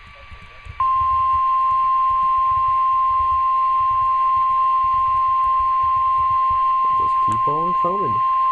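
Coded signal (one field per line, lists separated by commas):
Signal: Emergency Alert System (SAME) tones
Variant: 1050 Hz attention tone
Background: speech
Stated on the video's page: Compilation of severe thunderstorm, tornado, weekly test and child abduction alerts received from weather radio and broadcast stations.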